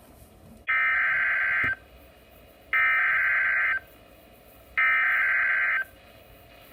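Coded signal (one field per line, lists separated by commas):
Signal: Emergency Alert System (SAME) tones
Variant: header bursts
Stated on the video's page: Severe thunderstorm watches and warnings and a flash flood warning, recorded from NOAA Weather Radio station in Columbus, Ohio.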